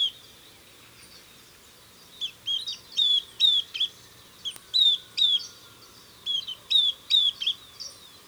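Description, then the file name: Southern beardless tyrannulet: after two seconds of quiet, a series of thin, high, falling whistled notes in loose groups, with a soft background hiss. "Camptostoma obsoletum - Southern Beardless Tyrannulet"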